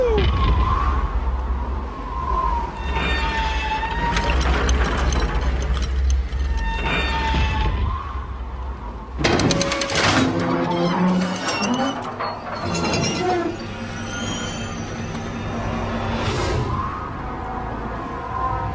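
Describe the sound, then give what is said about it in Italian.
Sounds from the trailer of the film Frozen, about a chairlift that gets stuck: metallic clanks and latching thuds from doors and hatches recur over a steady low rumble, with ratchet-like mechanical clicking and faint whining tones between the louder bangs. “Vabbè, basta, sentiamo solo rumori di sportelli.”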